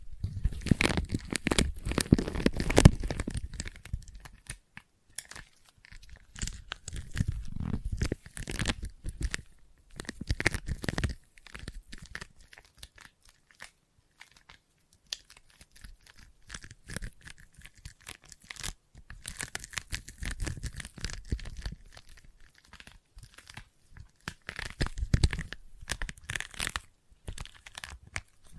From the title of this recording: ASMR Intense Sticky Tapping and Sticky Triggers (No Talking)